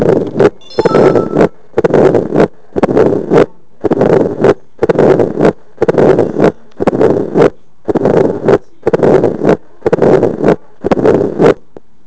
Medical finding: Mitral Stenosis (MS).